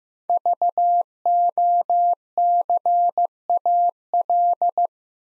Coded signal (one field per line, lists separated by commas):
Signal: Morse code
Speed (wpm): 15 wpm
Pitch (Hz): 700 Hz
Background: none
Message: VOCAL